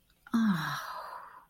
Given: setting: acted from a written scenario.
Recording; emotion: vocal sound without words; guilt